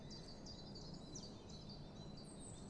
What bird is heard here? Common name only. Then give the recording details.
Common Chiffchaff. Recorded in Germany. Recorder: ecoPi